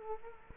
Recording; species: mosquito wingbeat signal from an infrared sensor; Culex quinquefasciatus